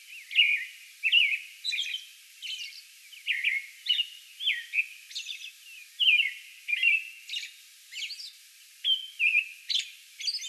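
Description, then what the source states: American robin caroling in a continuous bout, liquid rising and falling whistled phrases spaced under a second apart, some ending in faint high, screechy notes. Recorded May 11; a song bout.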